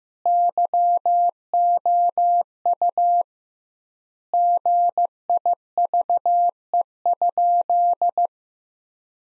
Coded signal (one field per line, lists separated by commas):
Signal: Morse code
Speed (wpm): 15 wpm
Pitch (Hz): 700 Hz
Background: none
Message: YOU GIVE?